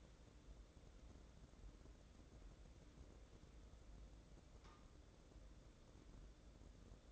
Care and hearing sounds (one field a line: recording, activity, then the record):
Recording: daily activity, microphone in the room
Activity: wipe stove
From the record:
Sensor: 3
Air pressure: 1012.3 hPa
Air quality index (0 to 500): 177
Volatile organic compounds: 3 ppm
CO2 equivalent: 1354 ppm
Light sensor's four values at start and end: 572/1423/587/601 and 574/1426/589/603